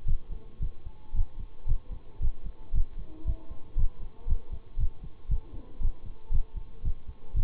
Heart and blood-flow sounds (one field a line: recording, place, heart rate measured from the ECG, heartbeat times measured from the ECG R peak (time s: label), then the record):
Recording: heart sounds by stethoscope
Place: between the tricuspid and mitral areas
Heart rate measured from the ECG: 115 bpm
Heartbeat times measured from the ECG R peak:
0.06 s: heartbeat
0.60 s: heartbeat
1.14 s: heartbeat
1.66 s: heartbeat
2.20 s: heartbeat
2.73 s: heartbeat
3.25 s: heartbeat
3.77 s: heartbeat
4.27 s: heartbeat
4.78 s: heartbeat
5.29 s: heartbeat
5.80 s: heartbeat
6.31 s: heartbeat
6.83 s: heartbeat
7.34 s: heartbeat
From the record:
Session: bicycle stress test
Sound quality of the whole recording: good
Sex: male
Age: 26 years